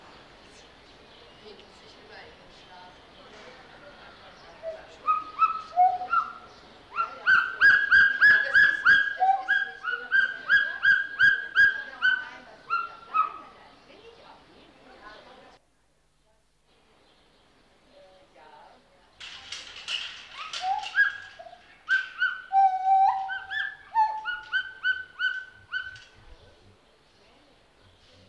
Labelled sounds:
Pileated Gibbon (Hylobates pileatus)

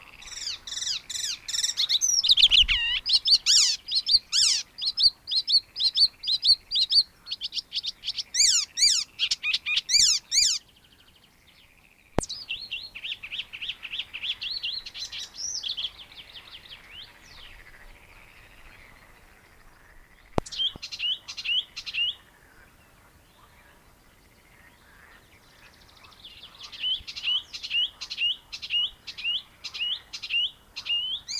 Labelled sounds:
Icterine Warbler (Hippolais icterina) song

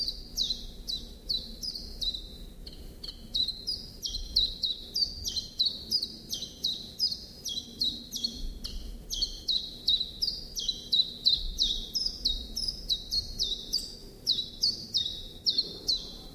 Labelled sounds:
Common Chiffchaff (Phylloscopus collybita) song

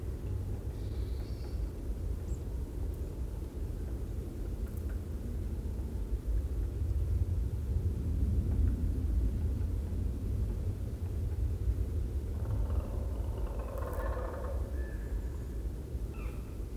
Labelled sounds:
Demoiselle Crane (Grus virgo) call

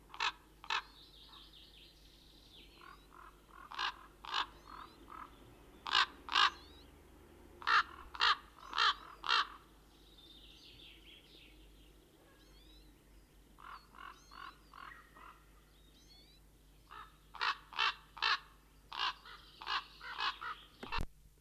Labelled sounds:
Common Raven (Corvus corax) call

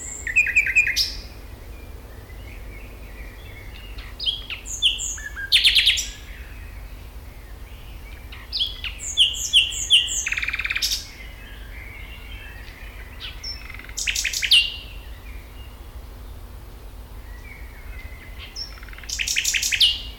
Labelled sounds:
Common Nightingale (Luscinia megarhynchos)

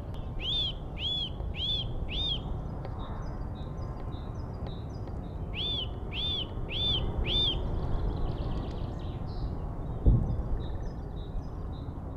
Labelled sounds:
Eurasian Nuthatch (Sitta europaea)

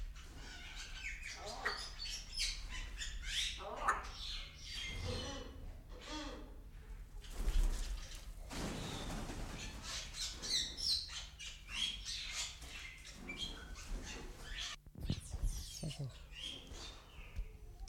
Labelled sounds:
Bali Myna (Leucopsar rothschildi)

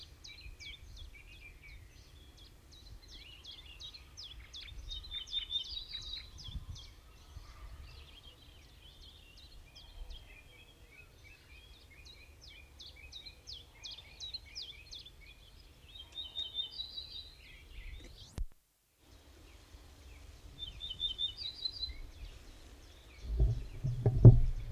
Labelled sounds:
Ortolan Bunting (Emberiza hortulana) song

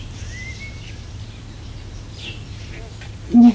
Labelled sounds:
Abyssinian Ground Hornbill (Bucorvus abyssinicus) call

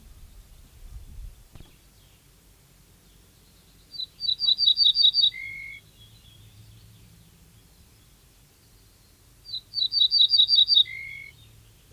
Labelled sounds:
Ortolan Bunting (Emberiza hortulana) song

